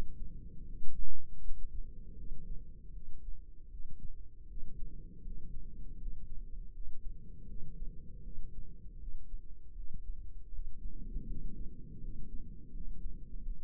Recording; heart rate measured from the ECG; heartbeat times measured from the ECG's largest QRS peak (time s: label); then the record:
heart sounds by microphone in the right ear; 80 bpm
0.63 s: heartbeat
1.39 s: heartbeat
2.14 s: heartbeat
2.91 s: heartbeat
3.67 s: heartbeat
4.45 s: heartbeat
5.21 s: heartbeat
5.96 s: heartbeat
6.71 s: heartbeat
7.45 s: heartbeat
8.21 s: heartbeat
8.96 s: heartbeat
9.73 s: heartbeat
10.49 s: heartbeat
11.25 s: heartbeat
11.98 s: heartbeat
12.70 s: heartbeat
13.41 s: heartbeat
From the record:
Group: healthy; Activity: cold pressor test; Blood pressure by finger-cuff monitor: 125/90 mmHg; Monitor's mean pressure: 103 mmHg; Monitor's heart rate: 79 bpm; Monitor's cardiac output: 5.8 L/min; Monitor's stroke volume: 74 mL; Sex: female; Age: 32 years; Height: 172 cm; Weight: 71.7 kg